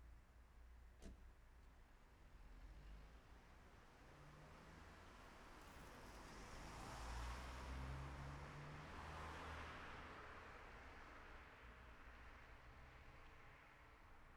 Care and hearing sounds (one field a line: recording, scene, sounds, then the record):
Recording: everyday scene through a hearing-aid microphone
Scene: in traffic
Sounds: traffic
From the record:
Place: city secondary road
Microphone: behind the ear, left, front